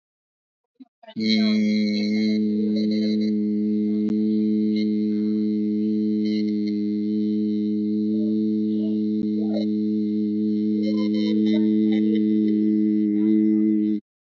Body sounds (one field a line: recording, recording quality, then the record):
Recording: sustained vowel as in beet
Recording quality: excellent, no background noise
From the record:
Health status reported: healthy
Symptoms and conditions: none ticked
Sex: male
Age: 44 years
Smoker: not ticked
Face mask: not worn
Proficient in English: yes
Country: India